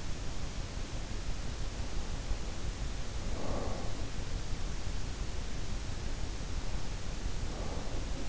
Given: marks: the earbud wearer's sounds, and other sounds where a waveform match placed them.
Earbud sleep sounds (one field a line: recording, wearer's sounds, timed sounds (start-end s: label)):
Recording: sounds in sleep by an in-ear microphone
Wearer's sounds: breath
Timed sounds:
1.47-4.10 s: breath
6.11-8.29 s: breath